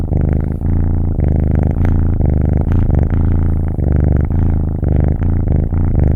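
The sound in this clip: Cat: kitten purring, a steady low rumbling purr in rhythmic pulses of inhale and exhale, with no other sounds.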